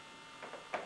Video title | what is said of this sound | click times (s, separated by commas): Microdermabrasion machine Training Video 1 | so you just snap it right in | 0.7 s